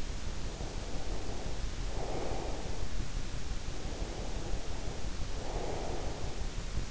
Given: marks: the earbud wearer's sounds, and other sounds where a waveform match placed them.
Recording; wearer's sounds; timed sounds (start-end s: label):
sounds in sleep by an in-ear microphone; breath
0.54-3.00 s: breath
3.82-6.26 s: breath